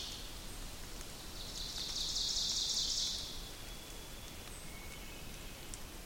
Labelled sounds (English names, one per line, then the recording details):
Ovenbird song
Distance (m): 55 m
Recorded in boreal forest in Alberta, Canada, on 2 June 2016 at 05:50
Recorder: SongMeter 3, array SBT-3-7
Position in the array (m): 196 m, 1 m
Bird 6